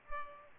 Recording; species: mosquito wingbeat signal from an infrared sensor; Culex pipiens